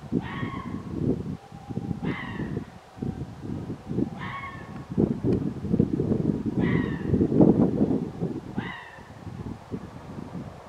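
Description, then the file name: Red fox barking: several short, hoarse, slightly falling yelps over a steady low rumbling noise. Recorded 29 January 2024. "20240129 kitsune"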